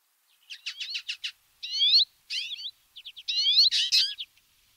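A bird gives varied high calls: a rapid stuttering series, then twisting whistled phrases and harsh buzzy notes.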